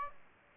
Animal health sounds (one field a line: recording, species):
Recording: mosquito wingbeat signal from an infrared sensor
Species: Aedes aegypti